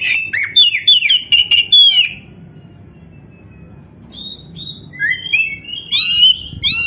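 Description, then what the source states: Oriental magpie-robin delivering a quick chattering burst of slurred whistles, then a quiet spell, then renewed high whistles and rising chirps. Kacer poci variety of Oriental magpie-robin, singing vigorously (gacor).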